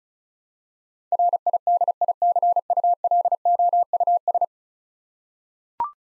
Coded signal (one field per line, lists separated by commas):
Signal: Morse code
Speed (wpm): 36 wpm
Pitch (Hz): 700 Hz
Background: none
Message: RIDICULOUS